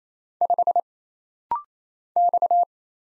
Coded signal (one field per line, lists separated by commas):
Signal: Morse code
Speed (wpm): 27 wpm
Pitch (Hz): 700 Hz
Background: none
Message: 5 X